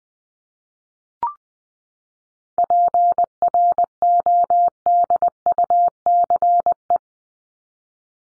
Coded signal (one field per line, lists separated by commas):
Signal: Morse code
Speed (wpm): 19 wpm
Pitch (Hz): 700 Hz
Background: none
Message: PRODUCE